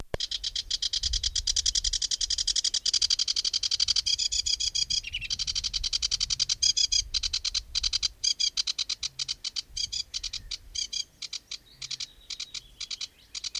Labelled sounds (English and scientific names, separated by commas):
Sedge Warbler (Acrocephalus schoenobaenus) song